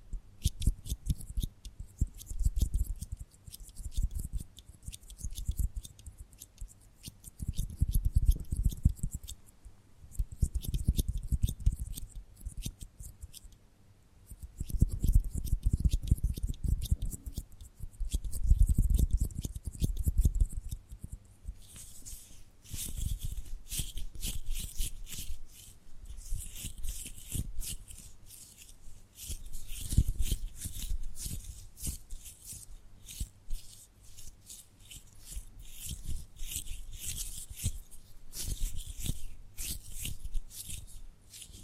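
Tapping and gripping sounds, with soft low rubbing swells and scattered crisp clicks through the first twenty seconds. After that the gripping fades and the tapping takes over, becoming dense, bright and rapid, with quick irregular clicks continuing steadily to the end.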